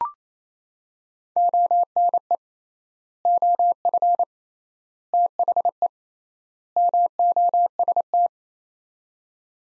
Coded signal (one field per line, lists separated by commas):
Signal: Morse code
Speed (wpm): 27 wpm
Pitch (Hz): 700 Hz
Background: none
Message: ONE OF THE MOST